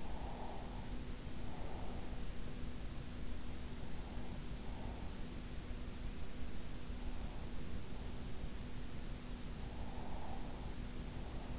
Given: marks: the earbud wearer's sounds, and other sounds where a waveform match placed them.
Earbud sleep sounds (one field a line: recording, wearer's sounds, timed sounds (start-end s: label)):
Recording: sounds in sleep by an in-ear microphone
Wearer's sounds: breath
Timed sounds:
0.00-2.60 s: breath
9.60-11.59 s: breath